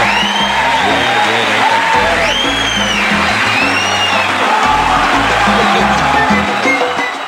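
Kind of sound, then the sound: crowd, audience applause and cheering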